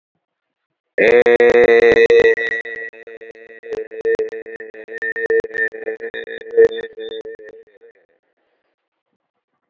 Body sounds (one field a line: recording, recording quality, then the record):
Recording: sustained vowel as in made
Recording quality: excellent, no background noise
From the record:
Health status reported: exposed to COVID-19, no respiratory illness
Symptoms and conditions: hypertension, diabetes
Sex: male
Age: 46 years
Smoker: not ticked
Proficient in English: yes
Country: India